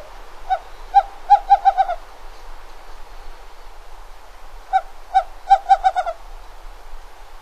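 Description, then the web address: Western screech-owl song: two series of low hoots, each starting slowly and accelerating, separated by a few quiet seconds with soft background hiss. Recorded in North America. "Songs of Birds of North America Stokes. Western Screech-Owl"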